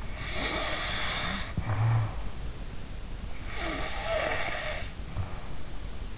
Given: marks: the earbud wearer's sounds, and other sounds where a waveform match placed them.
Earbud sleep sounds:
sounds in sleep by an in-ear microphone; snoring breath
0.17-2.38 s: snoring breath
3.37-5.59 s: snoring breath

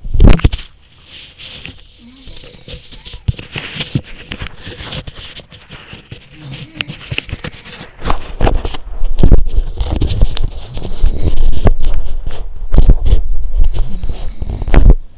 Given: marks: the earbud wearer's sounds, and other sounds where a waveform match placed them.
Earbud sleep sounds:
sounds in sleep by an in-ear microphone; body movement
0.00-15.18 s: body movement
6.22-7.99 s: sound from someone else or the room
10.04-11.84 s: sound from someone else or the room
13.47-14.97 s: sound from someone else or the room

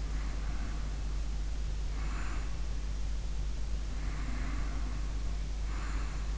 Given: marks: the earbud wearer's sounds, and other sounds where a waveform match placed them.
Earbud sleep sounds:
sounds in sleep by an in-ear microphone; breath, snoring breath
0.07-2.65 s: breath
3.91-6.37 s: snoring breath

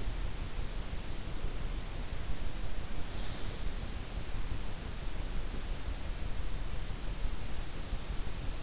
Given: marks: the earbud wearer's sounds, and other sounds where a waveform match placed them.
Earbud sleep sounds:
sounds in sleep by an in-ear microphone; snoring breath
3.19-4.10 s: snoring breath

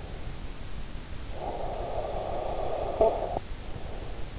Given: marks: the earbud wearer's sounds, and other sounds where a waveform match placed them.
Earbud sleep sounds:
sounds in sleep by an in-ear microphone; snoring breath
1.04-3.87 s: snoring breath

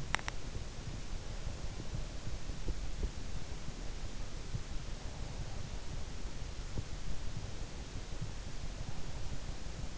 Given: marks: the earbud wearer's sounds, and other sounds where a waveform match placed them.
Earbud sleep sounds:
sounds in sleep by an in-ear microphone; teeth grinding, breath
0.00-0.48 s: teeth grinding
1.25-2.64 s: breath
4.94-6.30 s: breath

